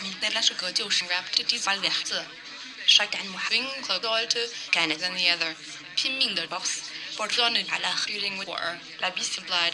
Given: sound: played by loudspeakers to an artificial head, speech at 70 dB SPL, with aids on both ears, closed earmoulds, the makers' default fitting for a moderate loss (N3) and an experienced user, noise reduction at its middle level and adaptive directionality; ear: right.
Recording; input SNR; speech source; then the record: speech test signal (ISTS) in cocktail-party noise; +9 dB; on the right (90 degrees)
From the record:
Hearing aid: class 1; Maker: B